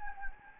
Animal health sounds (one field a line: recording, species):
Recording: mosquito wingbeat signal from an infrared sensor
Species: Anopheles gambiae